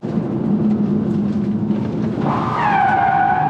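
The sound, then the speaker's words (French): A car engine drones steadily, then about two-thirds through the tires break into a loud, high, wavering squeal as the car skids under the handbrake, lasting to the end. “Ah bah le frein à main forcément.”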